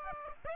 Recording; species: mosquito wingbeat signal from an infrared sensor; Aedes aegypti